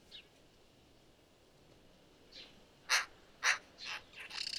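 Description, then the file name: Eurasian magpie giving a few harsh, scratchy notes near the end after a quiet start. "Pica pica"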